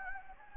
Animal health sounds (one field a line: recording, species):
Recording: mosquito wingbeat signal from an infrared sensor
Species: Anopheles gambiae